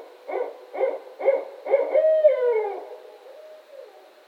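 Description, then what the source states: Barred owl hooting: four rhythmic, evenly spaced low hoots, then a longer hoot that slides downward and trails off, with a few faint hoots after. Recorded on 15 October 2010.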